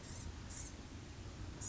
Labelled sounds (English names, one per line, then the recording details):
Blue-gray Gnatcatcher
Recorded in Sonoma County, California